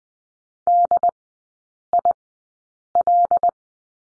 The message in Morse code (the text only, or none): DIL